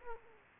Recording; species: mosquito wingbeat signal from an infrared sensor; Aedes aegypti